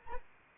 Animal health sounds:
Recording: mosquito wingbeat signal from an infrared sensor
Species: Anopheles arabiensis

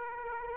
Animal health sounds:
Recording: mosquito wingbeat signal from an infrared sensor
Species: Aedes aegypti

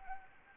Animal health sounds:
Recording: mosquito wingbeat signal from an infrared sensor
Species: Anopheles arabiensis

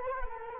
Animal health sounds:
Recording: mosquito wingbeat signal from an infrared sensor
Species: Culex quinquefasciatus

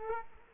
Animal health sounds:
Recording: mosquito wingbeat signal from an infrared sensor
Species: Culex quinquefasciatus

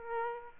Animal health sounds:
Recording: mosquito wingbeat signal from an infrared sensor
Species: Aedes aegypti

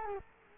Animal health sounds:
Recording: mosquito wingbeat signal from an infrared sensor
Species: Culex quinquefasciatus

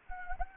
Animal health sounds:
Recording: mosquito wingbeat signal from an infrared sensor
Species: Anopheles gambiae

